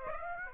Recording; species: mosquito wingbeat signal from an infrared sensor; Aedes aegypti